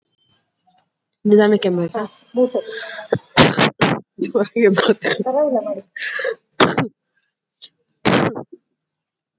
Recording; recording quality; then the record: shallow voluntary cough; poor, much background noise or distortion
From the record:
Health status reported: COVID-19 positive, mild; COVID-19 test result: positive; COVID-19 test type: RT-PCR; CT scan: not taken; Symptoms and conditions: cold, fatigue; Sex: female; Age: 27 years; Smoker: no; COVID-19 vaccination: none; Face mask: not worn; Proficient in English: yes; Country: India